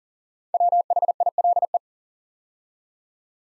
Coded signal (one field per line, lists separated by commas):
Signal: Morse code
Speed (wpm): 39 wpm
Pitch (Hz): 700 Hz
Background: none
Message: WHILE